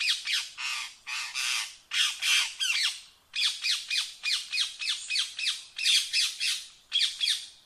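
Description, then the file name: Rose-ringed parakeet giving harsh, grating squawks in rapid bursts, each burst a string of shrill notes separated by brief pauses, continuing steadily throughout. "Canto do periquito indiano"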